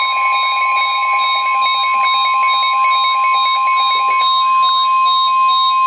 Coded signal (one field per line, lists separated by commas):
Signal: Emergency Alert System (SAME) tones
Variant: 1050 Hz attention tone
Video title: Severe T-Storm Warning (EAS #1,149)